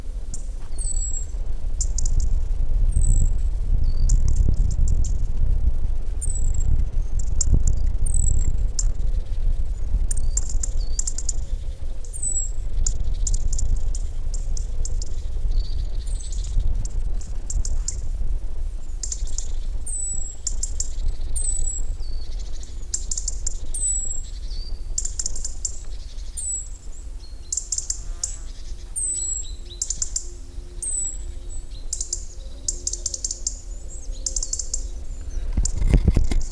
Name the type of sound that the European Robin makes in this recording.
call